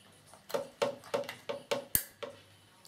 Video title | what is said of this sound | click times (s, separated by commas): Login Return Time Is up on Wireless Ip Camera to Dahua Nvr - How to Fix & Test Missing Camera | you should hear a click when you push it back in | 2.0 s